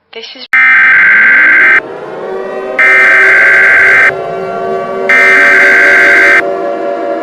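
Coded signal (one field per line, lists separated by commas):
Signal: Emergency Alert System (SAME) tones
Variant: header bursts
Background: speech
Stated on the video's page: Simulated end-of-the-world emergency alert scenario.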